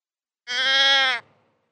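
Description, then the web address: Deer bleat, a single nasal, harmonic-rich call lasting under a second, held steady and dropping slightly at the end, with silence around it. "wild-game-downloads deer"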